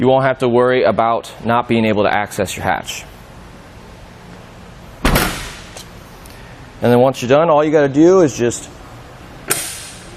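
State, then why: Seated. A Thule Camber hitch-mounted bike rack for 4 bikes on a 2016 Jeep Renegade, tilted away from the vehicle to open the back hatch, is tilted back upright until its metal tilt latch on the hitch mount locks into place. Someone talks, then a sharp latch click at 9.5 s shows the rack is fastened and secured.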